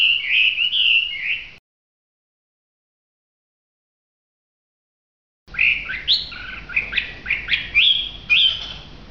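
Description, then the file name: Hwamei singing rich, fluid whistled phrases that warble up and down, a short burst, then silence before a livelier run of varied sweeping notes. Song described as gacor. "audio hwamei gacor. omkicau"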